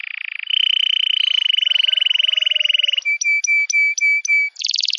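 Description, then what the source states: Canary song of a long rapid rolling trill, then a run of evenly spaced sharp chip notes and a buzzy high phrase at the end. Canary song used as a lure for trapping birds.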